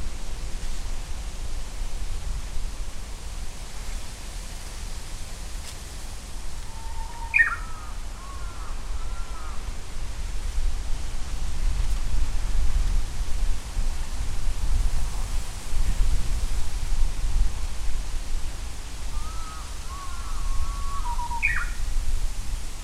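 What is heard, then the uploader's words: A Japanese bush warbler sings twice, near seven seconds and again near twenty, each time a held low whistle followed by a quick rising, warbling flourish. A steady hiss and a low traffic rumble run underneath the whole time. With a Sony PCM-M10 recorder and Micbooster Clippy EM172 stereo mics attached to a bicycle handlebar bag. Japanese bush warbler.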